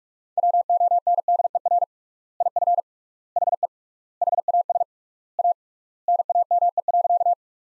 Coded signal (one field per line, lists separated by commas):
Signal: Morse code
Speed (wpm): 41 wpm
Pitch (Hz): 700 Hz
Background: none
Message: WONDER IF HE HAS A NAME.